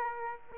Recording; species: mosquito wingbeat signal from an infrared sensor; Aedes aegypti